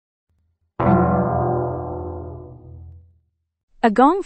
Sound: sfx: outro_gong